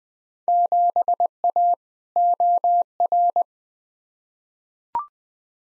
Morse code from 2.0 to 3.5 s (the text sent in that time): OR